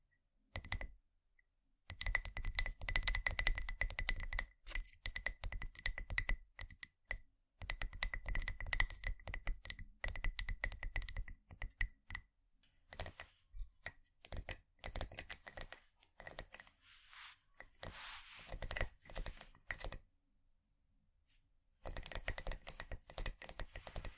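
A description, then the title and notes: Wooden ASMR triggers: rapid, crisp tapping and clicking on wood, dense and uneven like fingers drumming or typing, with a faint ringing tone under the taps early on. Short silent pauses break it up, and a softer scratchy rubbing passage comes near the end before tapping resumes. ASMR Wooden Triggers 1hour（No Talking）.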